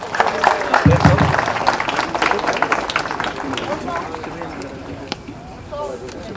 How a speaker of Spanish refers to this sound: El aplauso para el honorable alcalde de la Ciudad del Alto, el arquitecto Edgar Patana.